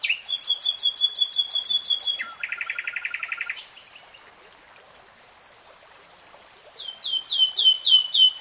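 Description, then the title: Nightingale song: a rapid repeated rattle that drops to a lower, buzzy trill, a pause, then a series of quick whistled notes. Nightingale singing, recorded in real time. "[Tiếng chim hót] 3 Hours REALTIME Nightingale Singing"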